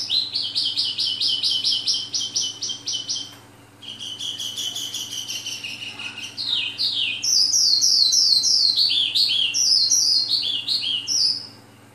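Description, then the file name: Oriental skylark delivering rapid pulsed trills, then a pause, then buzzy rattling phrases and repeated down-slurred high notes; a constant low hum runs beneath. Vietnam. "suara-kicauan-sonca-branjangan-vietnam -omkicau"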